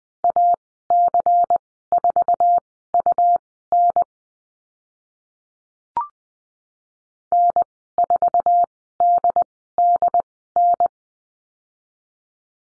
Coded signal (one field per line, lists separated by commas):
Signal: Morse code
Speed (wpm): 20 wpm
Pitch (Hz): 700 Hz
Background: none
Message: AC4UN N4DDN